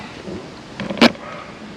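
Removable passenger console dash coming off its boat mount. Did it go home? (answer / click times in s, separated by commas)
released / 0.8 s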